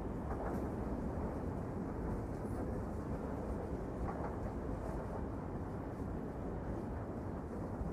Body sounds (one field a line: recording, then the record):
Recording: background sound without coughing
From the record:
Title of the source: Train Ride Ambience ambient white noise for sleeping, focus, studying, reading